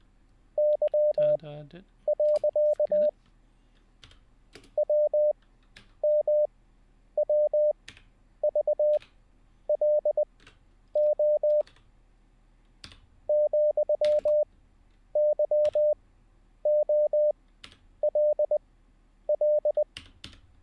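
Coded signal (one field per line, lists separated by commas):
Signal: Morse code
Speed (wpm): 20 wpm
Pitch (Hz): 600 Hz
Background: speech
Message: Y. WMWVLO ,YOLL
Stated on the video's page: Morse code learning session, livestreamed, day 10.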